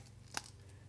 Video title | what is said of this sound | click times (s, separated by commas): GM harness installation detail 3 pin | snaps into place you cannot swap it backwards cuz it's not it's not | 0.4 s